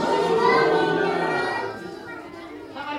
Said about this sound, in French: Ils crient, ils rient et applaudissent. Ils sont tout petits et ils attendent. Il fait presque noir, le théâtre n'est pas grand. Sur les bancs, pas une place.